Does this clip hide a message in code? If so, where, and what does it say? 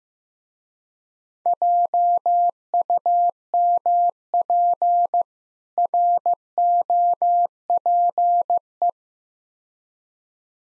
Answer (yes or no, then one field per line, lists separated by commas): yes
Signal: Morse code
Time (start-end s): 1.5-8.9 s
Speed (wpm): 15 wpm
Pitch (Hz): 700 Hz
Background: none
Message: JUMP ROPE